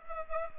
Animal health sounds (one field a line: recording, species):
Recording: mosquito wingbeat signal from an infrared sensor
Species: Culex pipiens